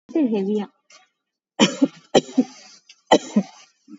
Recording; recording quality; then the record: heavy voluntary cough; excellent, no background noise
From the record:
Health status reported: COVID-19 positive, no symptoms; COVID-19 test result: positive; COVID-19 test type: RT-PCR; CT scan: not taken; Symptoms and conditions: none ticked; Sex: female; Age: 34 years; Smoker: no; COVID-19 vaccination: none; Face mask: worn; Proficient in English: yes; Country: India